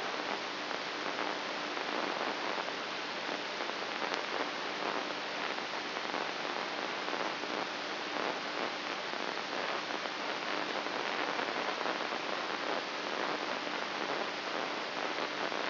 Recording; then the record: brain microelectrode recording played as sound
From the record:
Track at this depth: outside the subthalamic nucleus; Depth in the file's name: 1.938 mm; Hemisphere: left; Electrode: 3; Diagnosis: Parkinson's disease